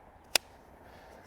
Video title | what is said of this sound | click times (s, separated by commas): Fighting/Combat Knife PERFECTION - Reiff Knives VICON | Snaps right in. | 0.4 s